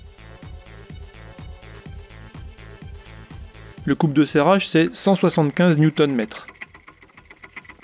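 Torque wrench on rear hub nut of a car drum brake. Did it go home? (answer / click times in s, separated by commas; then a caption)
yes / 7.6 s. A torque wrench set to 175 Nm is slowly tightening a steel rear hub nut with thread locker on a car with drum brakes while someone talks over soft background music. After the talking stops, a quick series of ratchet-like clicks builds up, and the wrench clicks at 7.6 seconds, reaching the set torque.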